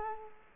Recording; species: mosquito wingbeat signal from an infrared sensor; Culex quinquefasciatus